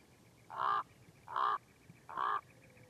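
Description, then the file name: Common raven uttering three evenly spaced, hoarse, nasal croaks, each about a third of a second long, over quiet background. "Common Raven - Corvus corax"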